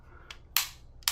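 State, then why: Seated. An extended steel thumb safety, newly fitted to an Apollo 11 Compact pistol frame, is flipped and snaps sharply into its detent with two crisp, positive clicks at 0.6 s and 1.1 s, after a faint tick near 0.3 s. The safety seats firmly in position each time.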